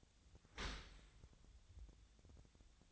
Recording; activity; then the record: daily activity, microphone in the room; open dishwasher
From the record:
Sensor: 3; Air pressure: 1006.7 hPa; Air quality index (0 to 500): 206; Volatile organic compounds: 18 ppm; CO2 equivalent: 2633 ppm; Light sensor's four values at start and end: 10/24/10/10 and 10/24/10/10